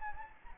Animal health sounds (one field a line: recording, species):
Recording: mosquito wingbeat signal from an infrared sensor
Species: Anopheles gambiae